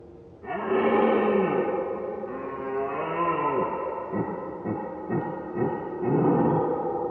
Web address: Sonniss com - GDC 2018-Game Audio Bundle Ivo Vicic - Red Deer and Roe Deer - Roaring, barking and other sounds Red Deer far distance MS